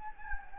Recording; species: mosquito wingbeat signal from an infrared sensor; Anopheles gambiae